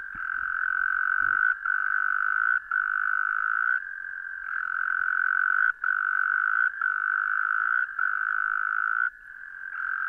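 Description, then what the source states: Frog giving a high trill in bursts of about one to two seconds separated by short pauses, with faint low knocks near the start. Recorded on 17 January 2015.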